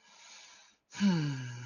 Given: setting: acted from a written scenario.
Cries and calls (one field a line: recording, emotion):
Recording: vocal sound without words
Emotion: serenity